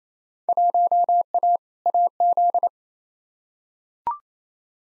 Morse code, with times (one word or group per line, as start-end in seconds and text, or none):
0.5-1.6 1A
1.9-2.7 AZ